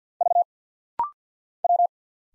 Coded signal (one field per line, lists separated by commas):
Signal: Morse code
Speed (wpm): 51 wpm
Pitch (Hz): 700 Hz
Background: none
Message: V W